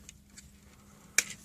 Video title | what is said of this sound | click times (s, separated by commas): Super fire dagwon gift set part 2 | same thing on this side clips in | 1.2 s